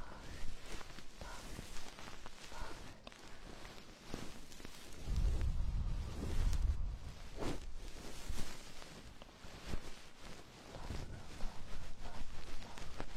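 Close, soft scratching and rustling from a goose-feather ear pick, a steady stream of brushing strokes heard right at the ear. Around five to seven seconds a deep muffled rumble swells underneath, then the light feathery scraping continues to the end.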